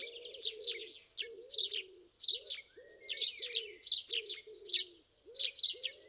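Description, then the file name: House sparrow giving busy, rapid chirps in irregular bursts, over a layer of low, hollow arched notes. "Passer domesticus"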